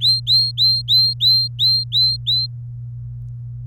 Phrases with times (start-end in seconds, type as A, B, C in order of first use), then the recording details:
0.01-2.46 A. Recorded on 24 April 2018 at 17:22. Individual llb3